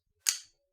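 A Brian Brown Knives Raptor folding knife is flicked open, and its blade slams against the stop pin as the frame lock bar engages behind it. The result is one sharp snap at 0.3 s that fades out by about 0.5 s. The blade locks open securely.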